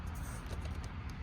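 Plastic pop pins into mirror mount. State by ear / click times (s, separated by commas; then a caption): not seated / none. Two plastic pop pins are pushed into the mount of a Kabuki aero mirror on a Toyota JZX100 Chaser. A steady low rumble and broadband noise run through the short clip with no distinct hit. Nothing has seated or clicked yet.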